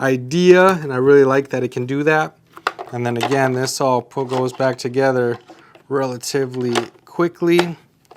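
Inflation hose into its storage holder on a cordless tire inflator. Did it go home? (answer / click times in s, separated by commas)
no / none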